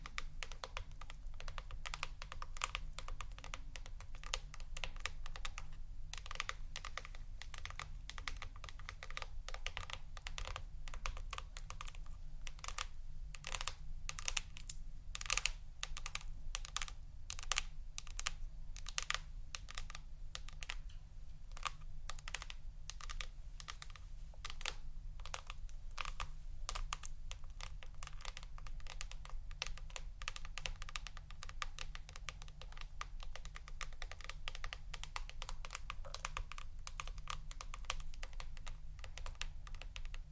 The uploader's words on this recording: ASMR Intoxicating Tapping New Triggers（No Talking）.